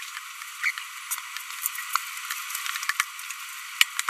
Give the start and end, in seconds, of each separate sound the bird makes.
0.64-0.70